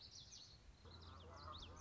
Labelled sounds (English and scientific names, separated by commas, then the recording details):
Common Yellowthroat (Geothlypis trichas)
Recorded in Sonoma County, California